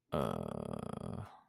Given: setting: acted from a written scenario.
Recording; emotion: vocal sound without words; confusion